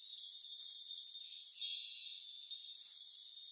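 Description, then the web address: Cirl bunting calls: two brief, thin, high-pitched notes sliding downward, a little over two seconds apart, with a soft continuous high buzz in the background. "Schulze Peter Cirl Bunting calls"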